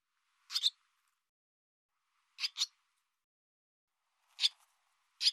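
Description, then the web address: Barn swallow giving a few short call groups, mostly quick double notes, spaced well apart. "cianscape birddata Deverinetal 2025 Bird Hi Ru"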